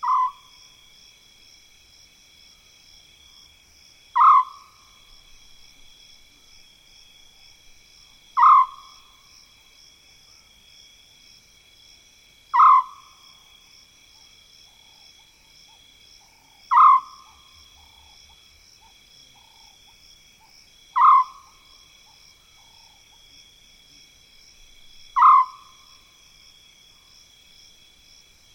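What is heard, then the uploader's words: An African scops owl repeats its short, purring call at a steady pace, about every four seconds. Behind it, insects keep up a constant, even, high-pitched trill through the whole night scene. African Scops Owl In The Savanna. The eerie calls of an African scops owl in mopane woodland - South Luangwa National Park, Zambia. Recorded with Zoom F6 and Lom mikroUsi Pro microphones.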